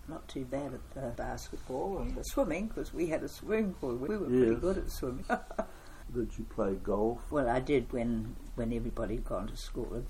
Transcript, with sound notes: not too bad at the basketball and the swimming because we had a swimming pool. We were really good at swimming. [Chuckle] Did you play golf? Well I did when everybody had gone to school.